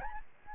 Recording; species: mosquito wingbeat signal from an infrared sensor; Aedes albopictus